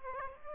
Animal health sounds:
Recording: mosquito wingbeat signal from an infrared sensor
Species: Aedes aegypti

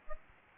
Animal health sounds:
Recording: mosquito wingbeat signal from an infrared sensor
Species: Aedes albopictus

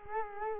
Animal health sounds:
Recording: mosquito wingbeat signal from an infrared sensor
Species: Culex quinquefasciatus

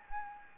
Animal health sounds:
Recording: mosquito wingbeat signal from an infrared sensor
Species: Anopheles gambiae

